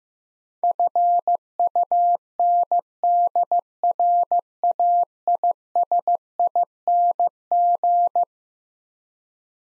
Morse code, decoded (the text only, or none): FUNDRAISING